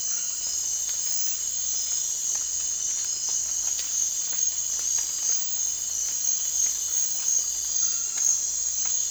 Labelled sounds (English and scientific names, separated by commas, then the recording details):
none
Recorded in dense forest near Puerto Asís, Putumayo, Colombia, on 25 June 2025 at 02:30
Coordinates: 0.468, -76.322
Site GP03